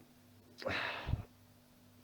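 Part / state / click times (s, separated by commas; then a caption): tail piece into the figure's body socket / not seated / none. Someone pushes the plastic tail of a Beasts Of The Mesozoic Troodon dinosaur action figure into its hip socket, and a long breathy sigh of frustration is heard from about 0.6 to 1.3 s. The tail has not locked into the socket, and no click is heard.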